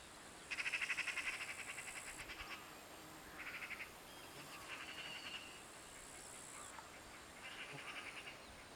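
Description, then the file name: Eurasian magpie giving harsh, rapid chattering rattles, a long burst at the start followed by several shorter rattles at intervals, with faint hiss in the background. "Pica pica"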